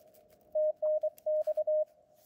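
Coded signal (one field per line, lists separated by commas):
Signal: Morse code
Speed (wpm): 23 wpm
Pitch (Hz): 620 Hz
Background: none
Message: TNX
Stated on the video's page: 14 MHz portable QRP CW contact at 2 watts, LNR MTR3B transceiver, Diamond RHM12 antenna, Bamakey key.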